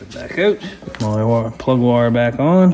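After a new spark plug is installed on a Honda HSS622 snow blower engine, the rubber spark plug wire boot is being handled to push onto the plug terminal while someone talks. Nothing has snapped or seated yet.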